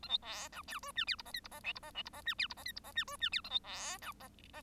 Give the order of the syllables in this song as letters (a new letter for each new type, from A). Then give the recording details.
A B C D E F G H I J K I J L I J L I J G H I J K I J G F G H A B C D J J. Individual Bird1